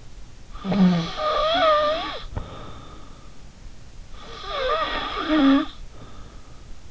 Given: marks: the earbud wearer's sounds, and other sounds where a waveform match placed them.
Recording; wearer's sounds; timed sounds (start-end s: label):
sounds in sleep by an in-ear microphone; snoring breath
0.49-3.36 s: snoring breath
4.14-6.74 s: snoring breath